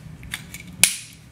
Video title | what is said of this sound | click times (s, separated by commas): How to Disassemble and Reassemble Springfield 1911 A1 (Field Strip) | magazine all the way up until you hear a click | 0.8 s